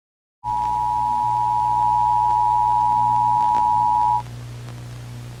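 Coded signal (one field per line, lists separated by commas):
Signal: Emergency Alert System (SAME) tones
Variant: 853 and 960 Hz attention tone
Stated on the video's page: Fictional EAS scenario using valid EAS tones.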